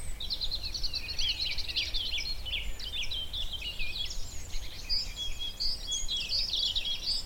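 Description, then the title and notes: Garden warbler song, a dense, rapid, bubbling warble running without pause, some brighter notes near the end, over low background noise. Male, a migrant, singing in spring on a scrubby hillside among hawthorns in bloom; described as fluted, frenetic song. "Sound escape 65: be enchanted by the little-known song of the garden warbler. As the scrubby hillside hawthorns burst into burst into bloom, the musky vanilla perfume of the white mayflowers encourages a male garden warbler into his fluted song. Recorded by Fergus Collins"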